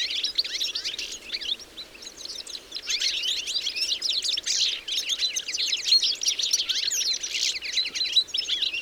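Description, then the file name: European goldfinch twittering calls, a dense run of quick high chirps and tinkling notes overlapping almost without pause. "Carduelis carduelis"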